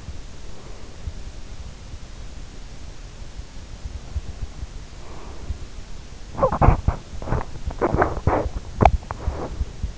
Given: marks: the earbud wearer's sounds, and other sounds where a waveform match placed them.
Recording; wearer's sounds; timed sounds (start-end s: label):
sounds in sleep by an in-ear microphone; breath, teeth grinding
3.96-5.97 s: breath
6.54-9.84 s: teeth grinding